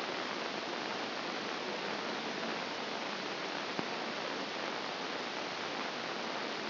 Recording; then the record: brain microelectrode recording played as sound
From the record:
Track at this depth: inside the subthalamic nucleus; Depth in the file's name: 1.437 mm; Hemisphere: left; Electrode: 2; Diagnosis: Parkinson's disease